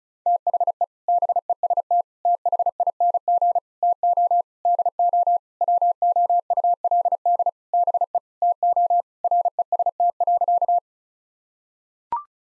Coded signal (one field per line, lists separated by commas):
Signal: Morse code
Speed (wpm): 36 wpm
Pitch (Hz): 700 Hz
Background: none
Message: THE BEST THING TO DO WOULD BE TO REST.